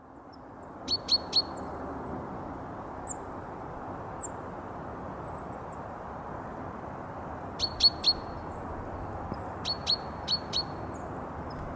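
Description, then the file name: Great tit singing brisk groups of three or four sharp high notes, with a long pause before the phrases return twice more, against constant low rumbling noise. "talitiainen"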